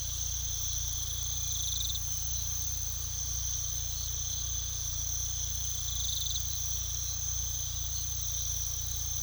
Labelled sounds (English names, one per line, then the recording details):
none
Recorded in pastures near Puerto Asís, Putumayo, Colombia, on 18 December 2024 at 04:30
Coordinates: 0.486, -76.323
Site GP01